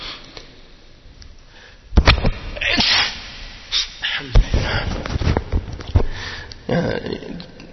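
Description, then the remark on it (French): A sudden, forceful sneeze bursts out after a quiet start, followed by several shorter sniffs and breathy snorting noises that rise and fall in uneven bursts. “Celui qui éternue, il dit Alhamdulillah, et la personne dit Yarhamukallah, et on répond Yahdikumallah wa yuslihu balakum.”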